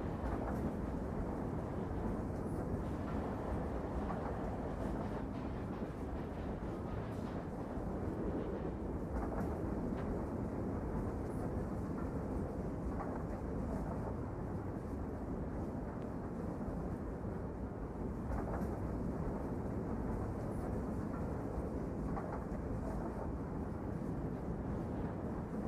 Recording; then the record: background sound without coughing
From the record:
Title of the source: Train Ride Ambience ambient white noise for sleeping, focus, studying, reading